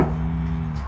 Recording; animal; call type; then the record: contact call of a hoofed animal; cattle; low-frequency (closed-mouth) or high-frequency (open-mouth) call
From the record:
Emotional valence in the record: negative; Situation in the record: full separation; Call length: 0.88 s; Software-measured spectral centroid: 1400 Hz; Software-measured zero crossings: 490 a second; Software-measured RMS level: -23 dBFS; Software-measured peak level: -5 dBFS